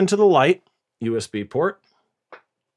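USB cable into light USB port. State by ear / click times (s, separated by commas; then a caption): not seated / none. A USB cable is being handled at the light's USB port, but it has not seated or clicked yet. Someone talks in short bursts, followed by silence and a brief faint sound near 2.3 seconds.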